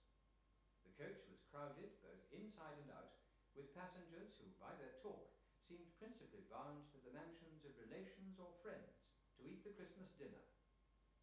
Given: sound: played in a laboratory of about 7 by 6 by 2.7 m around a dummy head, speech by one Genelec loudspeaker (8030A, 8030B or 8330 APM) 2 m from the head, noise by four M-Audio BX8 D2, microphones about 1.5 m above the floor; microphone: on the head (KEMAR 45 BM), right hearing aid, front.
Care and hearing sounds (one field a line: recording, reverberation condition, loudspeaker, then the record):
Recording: male speech in English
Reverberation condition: medium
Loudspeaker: 90 degrees to the left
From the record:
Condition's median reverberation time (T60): about 510 ms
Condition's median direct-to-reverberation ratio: about -0.5 dB